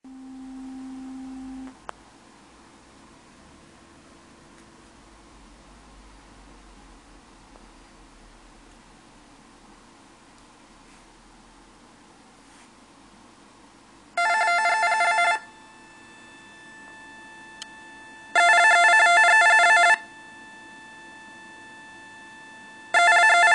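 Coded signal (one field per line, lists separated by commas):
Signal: RTTY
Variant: Baudot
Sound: three short bursts of rapid two-tone warbling with a buzzy edge, low hum earlier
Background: low hum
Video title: RTTY - PIC - Baudot - Modem XR2206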